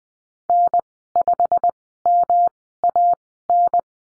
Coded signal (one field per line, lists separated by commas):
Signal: Morse code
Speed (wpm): 20 wpm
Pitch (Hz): 700 Hz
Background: none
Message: N5MAN